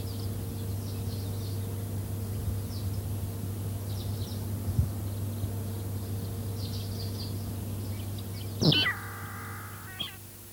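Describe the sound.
Vegetarian finch song near the end: an abrupt downward-sweeping note runs into a sustained buzzy, harmonic tone, after a long stretch of constant low humming with faint high twitters.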